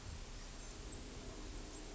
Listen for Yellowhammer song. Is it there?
no